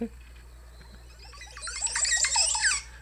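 Montezuma oropendola call: a run of quick descending liquid notes, swelling into a loud, dense burst of high gurgling and rattling notes before stopping abruptly.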